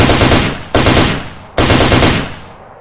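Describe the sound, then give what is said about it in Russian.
Three loud bursts of automatic gunfire in quick succession, the rest of a magazine emptied into a bloodsucker creature, each a rapid rattle of shots that fades before the next begins. No voices are heard. “Я добил в него остатки магазина, но с ужасом увидел левее еще двух.”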